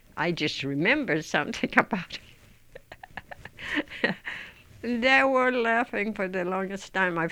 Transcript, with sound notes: I just remembered something about it. ( she laughs ) They were laughing for the longest time.